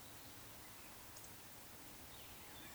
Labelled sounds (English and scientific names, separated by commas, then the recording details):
Eurasian Woodcock (Scolopax rusticola) whistle
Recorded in Baden-Württemberg, Germany, on 19 June 2020 at 19:23 UTC
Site 49006, 684 m above sea level